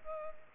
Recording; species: mosquito wingbeat signal from an infrared sensor; Culex pipiens